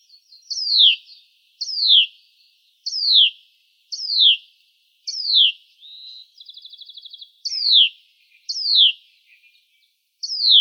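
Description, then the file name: Hutton's vireo calls: sharp descending notes repeated about once a second, interrupted once by a soft note and then a short buzzy rattle. "HUVI 5 deviche"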